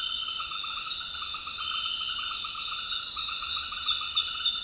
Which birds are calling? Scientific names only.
none